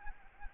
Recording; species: mosquito wingbeat signal from an infrared sensor; Anopheles arabiensis